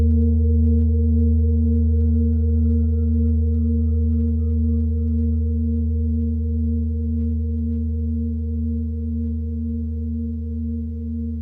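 A Tibetan singing bowl rings with a deep, steady hum, its low tone and a few clear higher overtones sustaining evenly throughout. The sound fades only slightly over the eleven seconds. Faint ticks and a thin, wavering high tone drift through the first half.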